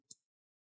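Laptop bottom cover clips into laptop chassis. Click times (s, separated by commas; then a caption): 0.1 s. The plastic clips of an ASUS ROG GL503VD FY108T laptop's bottom cover snap into the laptop chassis after the cover is seated at the back edge and the side is pushed down. A single sharp, bright click is heard at 0.1 s, with the clip then falling silent. The bottom cover is seated.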